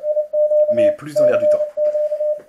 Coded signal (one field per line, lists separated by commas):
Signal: Morse code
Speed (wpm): 29 wpm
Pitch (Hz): 600 Hz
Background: speech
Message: IQ CQ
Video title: valise radio resistance - modern WW II spy suitcase